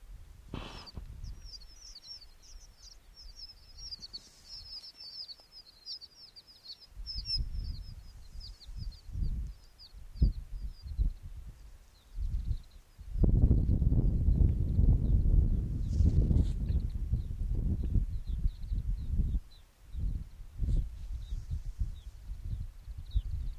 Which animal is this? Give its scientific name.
Eremophila alpestris